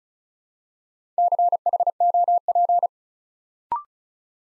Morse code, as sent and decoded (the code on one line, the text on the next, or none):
-.-. .... --- .--.
CHOP